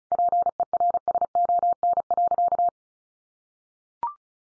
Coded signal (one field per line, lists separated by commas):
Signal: Morse code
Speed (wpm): 34 wpm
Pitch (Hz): 700 Hz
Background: none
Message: PERSON.